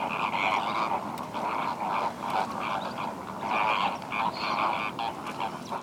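Flamingos calling as a flock, a dense continuous chorus of nasal, goose-like honks overlapping throughout, with no clear pauses.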